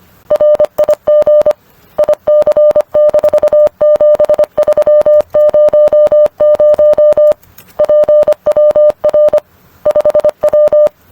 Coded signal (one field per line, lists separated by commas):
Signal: Morse code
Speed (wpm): 25 wpm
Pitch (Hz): 600 Hz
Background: none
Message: RIG IC-7300 PWR 5W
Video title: Training for QSO Protocols and Scripts #morse #morsecode #morsecodepractice